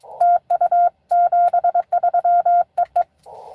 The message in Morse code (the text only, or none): TU 73 EE